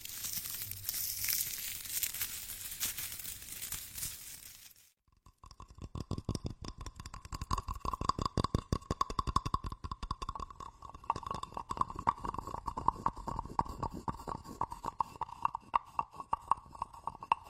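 A wood-product massage session starts with about five seconds of steady hissing rustle, then falls silent. After a brief pause, rapid wooden clicks and taps take over, dense and uneven, with a faint steady tone running beneath them to the end.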